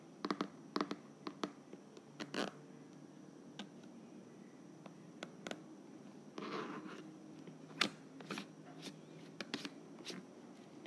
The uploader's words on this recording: ASMR Lid Unscrewing.